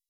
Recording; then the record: hydrophone in a shrimp aquaculture tank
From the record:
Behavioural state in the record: weakened